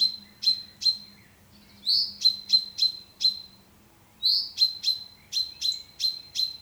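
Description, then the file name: Common chaffinch calls, short sharp notes repeated in quick runs, each run opened by a slightly longer buzzier note, with brief pauses between bursts. "Fringilla coelebs"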